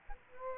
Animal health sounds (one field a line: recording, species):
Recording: mosquito wingbeat signal from an infrared sensor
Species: Aedes aegypti